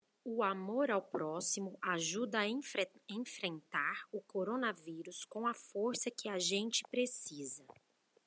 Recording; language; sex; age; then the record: spoken sentence; Brazilian Portuguese; female; 30 to 39 years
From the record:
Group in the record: control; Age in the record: 39 years